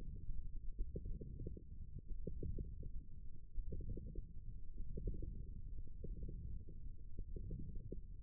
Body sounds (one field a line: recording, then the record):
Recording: forearm muscle sounds (acoustic myography)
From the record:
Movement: wrist extension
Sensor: system 1, eight BSWA MPA416 microphones around the upper forearm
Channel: 2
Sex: female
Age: 22 years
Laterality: right